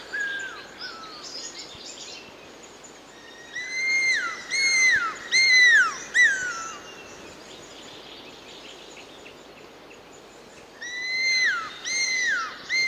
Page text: Курол (Leptosomus discolor)